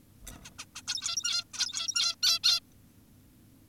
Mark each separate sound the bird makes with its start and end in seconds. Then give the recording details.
0.32-0.38, 0.45-0.50, 0.59-0.66, 0.76-0.82, 0.88-1.44, 1.54-2.16, 2.23-2.39, 2.44-2.60. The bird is an adult. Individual g17y2U